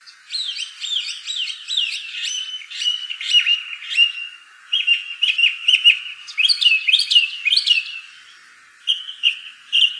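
Northern mockingbird singing a fast medley of bright, varied phrases, each repeated several times in quick bursts before switching to the next; no other sounds.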